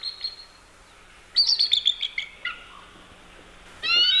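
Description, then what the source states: Bald Eagle chirping call: a short burst of high, squeaky chirps, a fainter note, a pause, then a sudden bright trill at the close. Weak trilling or chirping vocalization, often unexpected to listeners.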